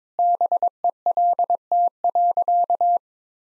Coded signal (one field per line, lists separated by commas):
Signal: Morse code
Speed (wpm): 22 wpm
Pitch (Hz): 700 Hz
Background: none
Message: BELT.